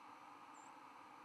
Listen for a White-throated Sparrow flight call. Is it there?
yes